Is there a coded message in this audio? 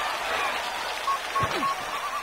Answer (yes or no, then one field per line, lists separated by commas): no